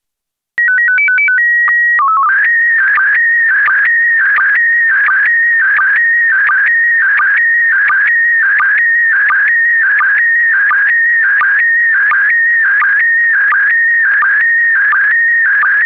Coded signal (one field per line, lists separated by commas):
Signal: SSTV (slow-scan television)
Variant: PD 90